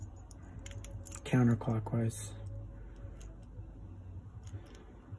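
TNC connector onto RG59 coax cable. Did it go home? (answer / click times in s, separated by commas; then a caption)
no / none. A TNC connector is twisted counterclockwise onto prepared RG59 coax cable, over the foil and dielectric, turned the way the foil is wrapped. Faint handling ticks come through the first second, someone talks briefly, and a few quieter ticks follow near the end. Nothing has seated or clicked yet.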